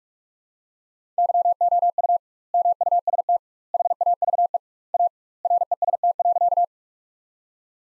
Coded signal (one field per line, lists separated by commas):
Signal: Morse code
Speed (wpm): 41 wpm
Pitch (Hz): 700 Hz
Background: none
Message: YOU MUST HAVE A REST.